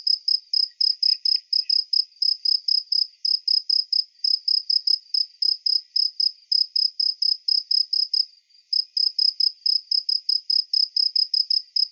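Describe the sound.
Cricket chirping steadily, a rapid series of short, high trilled pulses, with one brief break near the end.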